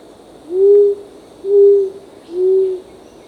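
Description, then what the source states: Short-toed coucal hooting: a series of three low, even notes about a second apart. Recorded on 1 April 2006.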